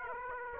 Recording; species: mosquito wingbeat signal from an infrared sensor; Aedes aegypti